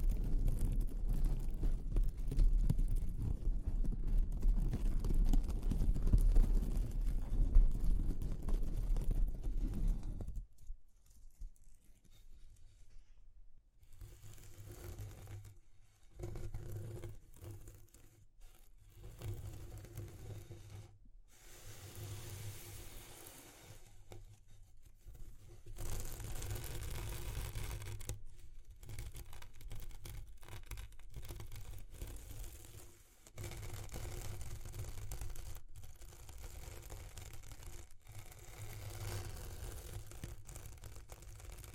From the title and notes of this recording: ASMR Exploring Textures (No Talking).